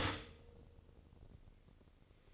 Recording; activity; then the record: daily activity, microphone in the room; stop toaster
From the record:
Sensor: 4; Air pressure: 1008.1 hPa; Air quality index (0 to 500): 105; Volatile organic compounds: 1 ppm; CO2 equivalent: 779 ppm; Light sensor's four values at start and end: 9/20/8/8 and 9/21/8/8